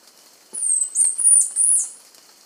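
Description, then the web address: Chestnut-capped brush finch giving one short, very high, thin phrase of several linked squeaky notes. Recorded in Ecuador, South America. "Natures Songs S America Birds of Ecuador Chestnut-capped Brush-Finch"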